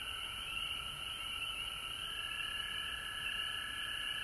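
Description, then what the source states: Frog chorus, a thick continuous trilling hum at high pitch, steady and unbroken. Recorded at home in Georgia on March 19, 2020.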